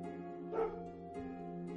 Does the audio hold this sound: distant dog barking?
yes